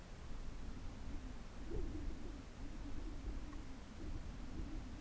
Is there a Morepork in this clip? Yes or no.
no